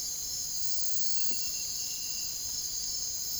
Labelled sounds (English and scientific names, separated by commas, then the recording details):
none
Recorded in dense forest near Puerto Asís, Putumayo, Colombia, on 22 June 2025 at 01:30
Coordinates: 0.503, -76.323
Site G059